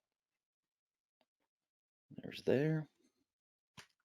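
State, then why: Torque reached. A torque-limiting flaring tool is turned to form a flare on copper tubing while someone talks briefly. At 3.8 s the clutch reaches its set torque and skips with a single sharp click, after which the tool spins free and the flare is done.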